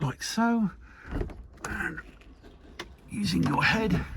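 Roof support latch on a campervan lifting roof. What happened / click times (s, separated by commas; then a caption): The roof stay is being handled but has not latched yet / none. Someone talks while the lifting roof of a vintage 1983 Rapido 410 Randonneur campervan is pushed upward by head, working toward its roof support latch. Brief taps and rustling handling sounds come between the talking. The roof stay has not yet locked into place and nothing has seated or clicked by the end.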